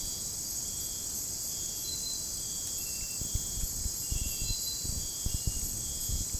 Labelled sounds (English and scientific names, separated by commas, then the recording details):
none
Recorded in dense forest near Puerto Asís, Putumayo, Colombia, on 29 June 2025 at 03:30
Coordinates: 0.503, -76.323
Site G059